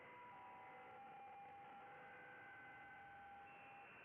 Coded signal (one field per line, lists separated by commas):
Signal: PSK63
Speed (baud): 62.5 baud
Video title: M0KNM - RSGB 3.5MHz Club Championship Data Contests Livestream 02/06/25